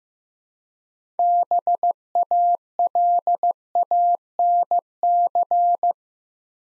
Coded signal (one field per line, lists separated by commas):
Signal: Morse code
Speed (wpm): 15 wpm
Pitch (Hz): 700 Hz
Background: none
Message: BALANC